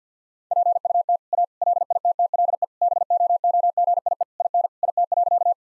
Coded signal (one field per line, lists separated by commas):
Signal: Morse code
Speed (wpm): 50 wpm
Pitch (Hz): 700 Hz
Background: none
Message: PUT A LITTLE BOOGIE IN IT.